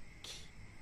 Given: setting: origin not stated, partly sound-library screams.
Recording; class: one-second piece from a danger detection set; normal situation